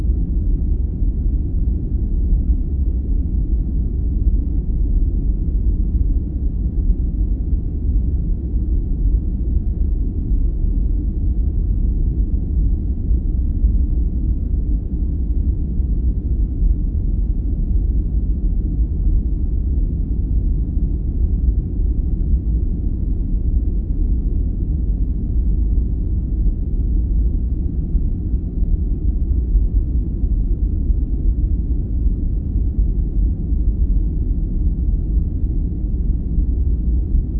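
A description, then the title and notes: A deep, constant rumble of noise fills the whole clip, heavy in the low end and cut off sharply above the midrange, with nothing bright on top. Its level holds perfectly steady from start to finish, with no events or changes. Deep Space Sounds White Noise.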